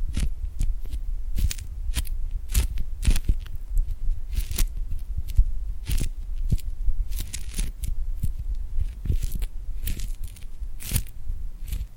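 Sticky glued hands pull apart in quick, irregular crackling snaps, many sharp bright peels over a low steady rumble throughout.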